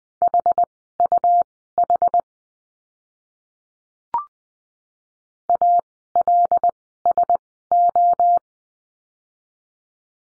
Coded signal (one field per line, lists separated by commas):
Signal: Morse code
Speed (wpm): 20 wpm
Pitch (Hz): 700 Hz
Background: none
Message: HUH ALSO